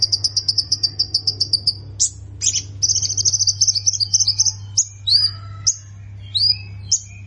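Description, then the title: Prinia song: quick repeated thin high notes, a denser jangling burst, then separate downslurred chirps, over a low constant hum. "Ciblek Sawah"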